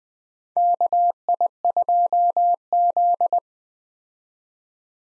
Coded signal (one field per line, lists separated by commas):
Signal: Morse code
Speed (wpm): 20 wpm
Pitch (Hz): 700 Hz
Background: none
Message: KI2Z